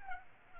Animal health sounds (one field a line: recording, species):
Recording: mosquito wingbeat signal from an infrared sensor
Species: Culex pipiens